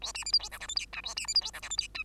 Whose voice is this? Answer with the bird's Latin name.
Lonchura striata domestica